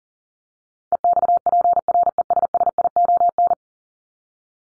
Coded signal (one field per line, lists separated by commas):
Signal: Morse code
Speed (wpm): 40 wpm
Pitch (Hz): 700 Hz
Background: none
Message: EXPRESSION